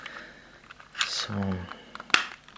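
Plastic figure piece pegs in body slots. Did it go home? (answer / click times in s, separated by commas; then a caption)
released / 2.1 s. Someone talks while squeezing a piece of a plastic DX9 D06 Carry (Rodimus Prime) transforming figure to pull its pegs out of the body slots. Faint handling clicks and rustles lead up to a sharp, loud snap at 2.1 s as the pegs pop free and the piece is released.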